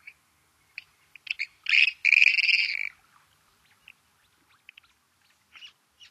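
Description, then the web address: Clark's grebe: scattered short ticking notes, then a loud, harsh, two-part call, followed by a few faint clicks. "Songs of Birds of North America Stokes. Clarks Grebe"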